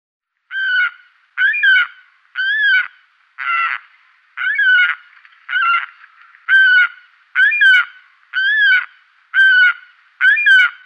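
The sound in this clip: Saker falcon giving harsh, nasal, slightly arched calls, about one per second in a steady series of eleven.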